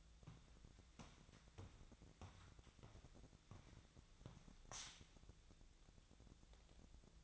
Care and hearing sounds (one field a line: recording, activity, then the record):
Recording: daily activity, microphone in the room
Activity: walk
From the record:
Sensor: 3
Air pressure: 1012.2 hPa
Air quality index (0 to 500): 182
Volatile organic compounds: 3 ppm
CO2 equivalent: 1395 ppm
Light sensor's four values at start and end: 52/139/60/63 and 53/139/60/63